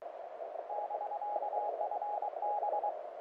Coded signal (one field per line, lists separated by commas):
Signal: Morse code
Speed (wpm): 23 wpm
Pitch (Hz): 830 Hz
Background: radio noise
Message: <BK>FB